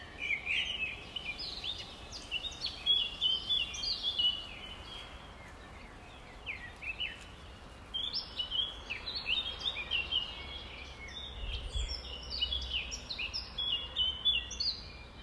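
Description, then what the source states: Nightingale song: dense stretches of sharp chirps, rising and falling whistles and trills, broken by a quieter gap midway, over soft hiss. Recorded at dawn on 5 May 2020, about 05:33.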